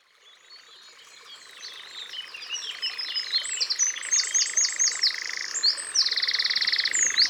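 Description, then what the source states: Eurasian wren song fading in, becoming louder with rapid, high rattling trills toward the end, over a steady droning buzz. Recorded in Ardèche.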